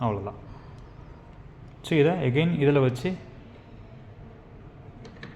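A removable plastic part is being placed back into the body of an iRobot i series Roomba robot vacuum; someone talks from about 1.9 to 3.1 s, with quiet handling noise around it and two brief sharp sounds near 5.1 and 5.2 s. The clip ends before the part is pulled home, so nothing has seated or locked yet.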